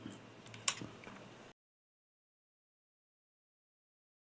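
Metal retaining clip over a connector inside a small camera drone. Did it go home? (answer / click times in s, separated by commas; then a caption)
yes / 0.7 s. Someone presses a small metal retaining clip over a connector inside a DJI Mini 3 Pro camera drone during a gimbal and arm repair, and the clip snaps shut with a single sharp click at 0.7 s. Fainter ticks come at 0.5 s and 1.0 s against quiet background noise, and the sound stops at about 1.5 s, followed by silence. The clip is seated and fastened.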